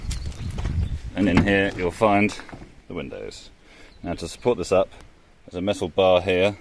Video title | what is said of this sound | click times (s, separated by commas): MGA For Hire - Webbs of Weybridge Checkout Video | this lever here hear a clunk which is release the boot and | 0.1 s